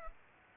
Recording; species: mosquito wingbeat signal from an infrared sensor; Aedes aegypti